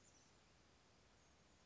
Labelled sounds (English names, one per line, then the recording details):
Chestnut-backed Chickadee
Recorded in Sonoma County, California